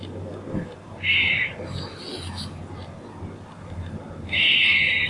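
Squirrel uttering two short, raspy buzzes about three seconds apart against a steady low hum.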